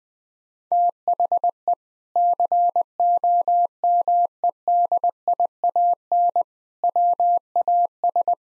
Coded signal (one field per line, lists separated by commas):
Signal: Morse code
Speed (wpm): 20 wpm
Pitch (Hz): 700 Hz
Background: none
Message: THE COMEDIAN WAS